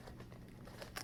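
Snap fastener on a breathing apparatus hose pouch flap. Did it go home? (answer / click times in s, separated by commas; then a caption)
yes / 1.0 s. A press-snap fastener on the flap of an MSA G1 SCBA emergency breathing hose pouch holding a URC hose is worked back and forth among soft crinkling and handling noises. A sharp snap at 1.0 s marks the fastener engaging, giving a positive, seated snap connection.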